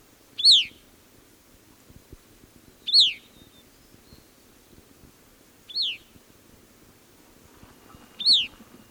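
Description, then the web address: Gray-cheeked thrush giving single high, sharply down-slurred call notes, four in all, spaced roughly two and a half seconds apart, over a faint low rumble. Recorded in the eastern lowlands of South America. "Natures Songs S America Eastern Lowlands. Gray-cheeked Thrush"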